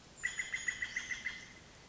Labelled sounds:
Brown Creeper (Certhia americana)
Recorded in Sonoma County, California

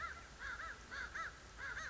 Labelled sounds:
American Crow (Corvus brachyrhynchos)
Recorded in Sonoma County, California

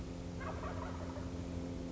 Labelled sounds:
Wild Turkey (Meleagris gallopavo)
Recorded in Sonoma County, California

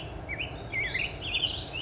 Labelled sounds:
Black-headed Grosbeak (Pheucticus melanocephalus)
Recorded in Sonoma County, California

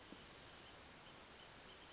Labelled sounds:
Western Flycatcher (Empidonax difficilis)
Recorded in Sonoma County, California

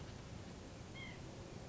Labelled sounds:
White-breasted Nuthatch (Sitta carolinensis)
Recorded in Sonoma County, California

